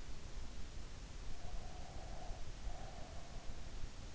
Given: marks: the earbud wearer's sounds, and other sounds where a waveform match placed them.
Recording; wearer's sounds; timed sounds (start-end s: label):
sounds in sleep by an in-ear microphone; breath
1.37-3.81 s: breath